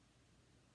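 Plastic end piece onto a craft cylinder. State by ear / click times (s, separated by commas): not seated / none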